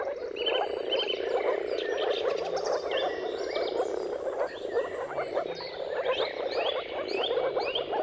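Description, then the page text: Moor frogs keep up a dense, low gurgling chorus while birds add whistled, slurred phrases. Chorus of many moor frogs giving mating calls at sunrise, turn of March and April, timing depending on weather. "Dawn’s Chorus: Mating Calls of Marsh Frogs at Sunrise. Depending on the weather at the turn of March and April, you can witness an amazing spectacle of moor frogs. Jakub-Orzecki moor frogs"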